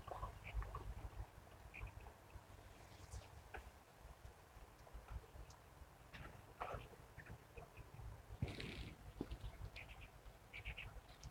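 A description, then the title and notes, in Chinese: Birdsong along a riverbank: short, scattered chirps and calls pop up every second or so over a steady low rumble of wind. A louder, fuller burst of calls comes around eight and a half seconds, then the sparse chirping continues. 沙河北岸鸟鸣记录。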